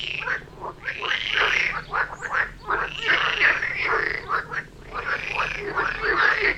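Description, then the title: Continuous frog chorus with drawn-out rasping croaks every couple of seconds over a bed of rapid shorter calls. Frog chorus near Vellerner Brook in Neubeckum, recorded at 2pm, binaural recording. "Frog concert near Vellerner Brook in Neubeckum - 2pm - binaural version"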